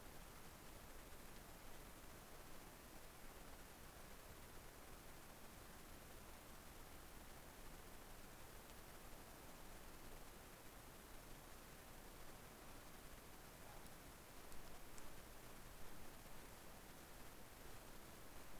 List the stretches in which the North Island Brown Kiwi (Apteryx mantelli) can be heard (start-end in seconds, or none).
none